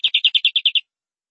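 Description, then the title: Canary song: a quick run of eight clear, identical high notes, evenly spaced, then silence. "BM Suara Kenari"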